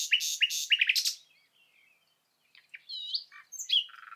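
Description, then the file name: Common nightingale song fragment: loud repeated sharp notes, a short pause, then rising whistles and a low buzzy trill at the end. "Luscinia megarhynchos"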